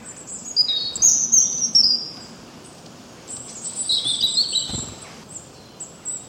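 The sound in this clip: Birds chirping with high thin whistled phrases and brief twitters in two loose bursts, over faint steady background hiss.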